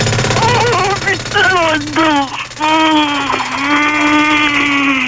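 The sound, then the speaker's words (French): A jackhammer rattles in a steady, rapid pounding for about five seconds while a loud voice wails and cries over it, its pitch sliding up and down. “tu peux sortir le marteau piqueur, on va lui mettre un nouveau pied, tu vas voir.”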